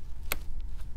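A DDR3 memory module is pressed down into its DIMM slot on the motherboard of an HP ProLiant DL320e Gen8 v2 server. A sharp click at 0.3 s is the first side tab latching, the first of two clicks, and the module is seated.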